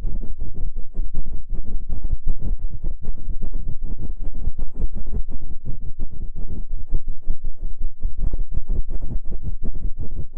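An ear massage: quick, dense rubbing and brushing strokes sweep past the microphone without pause for the whole stretch. The sound is soft, muffled and heavy in the low end, with a faint crisp edge on each stroke and no voice.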